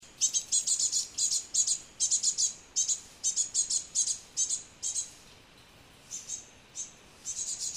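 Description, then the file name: Great tit giving rapid bursts of high, thin notes grouped in twos and threes, pausing briefly before resuming. "Parus major"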